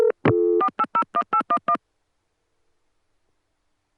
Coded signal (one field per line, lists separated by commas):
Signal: DTMF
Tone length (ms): 80 ms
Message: 4801811